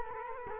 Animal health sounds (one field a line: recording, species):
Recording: mosquito wingbeat signal from an infrared sensor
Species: Culex quinquefasciatus